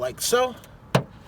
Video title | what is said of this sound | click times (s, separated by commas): How to change the interior lights 2007, 2008, 2009 Toyota Camry | and it should snap right into place when you're good | 0.9 s